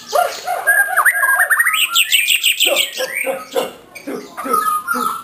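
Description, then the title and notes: White-rumped shama song, a rich run of whistled, rising phrases and rapid trills, varied and loud throughout. Song of the bird, offered for training caged birds (masteran). "Suara Kicau Burung Murai Batu. burung murai buat masteran"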